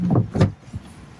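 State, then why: Seated. A new locker lid on a sailboat, fitted over the recycled doors, is set down into its frame and pushed until it locks in place. Two low, dull knocks are heard at 0.1 s and 0.4 s, followed by a faint softer thud near 0.8 s. The lid ends up seated and locked.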